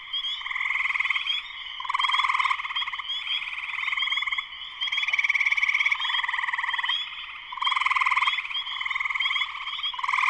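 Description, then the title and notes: Spring peeper chorus with overlapping high peeps and rapid buzzy trills that rise and fall in irregular waves. Full chorus shortly after sunset in Sleeping Bear Dunes National Lakeshore, northern Michigan, USA. "Spring peepers (chorus frogs) in concert. Spring peepers (chorus frogs) in full chorus shortly after sunset in the Sleeping Bear Dunes National Lakeshore in northern Michigan, USA. Recorded by Darrin Wassom. Part of the Music for Sleep project"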